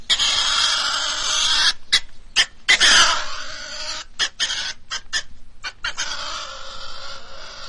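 European pine marten giving harsh, raspy screeching calls in long bursts, broken by short sharp chattering notes in the middle, then another drawn-out grating call.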